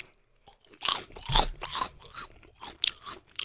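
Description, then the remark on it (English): Loud, brittle crunching of a prawn cracker dipped in sweet caramel dip sauce being bitten and chewed, several sharp bursts of crackle in quick succession over a few seconds, with no talking. “Prawn cracker in the caramel sauce.”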